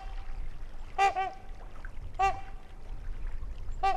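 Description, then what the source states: Trumpeter swan calls: resonant, horn-like honks, some paired, repeated every one to two seconds over a soft low background hum. Trumpeting near a lake in Wisconsin, 2019.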